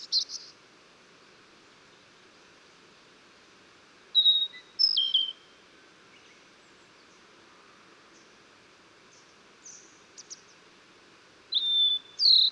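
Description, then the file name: Blue-and-white flycatcher song: several bursts of clear whistled phrases separated by pauses, over steady background noise. Recorded 14 June 2009. "20090614 ooruri"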